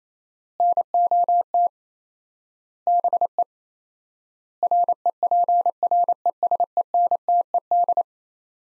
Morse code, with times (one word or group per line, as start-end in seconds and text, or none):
0.6-1.7 NOT
2.9-3.4 BE
4.6-8.0 REPRESENTED